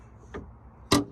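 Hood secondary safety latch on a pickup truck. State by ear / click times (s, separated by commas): released / 0.9 s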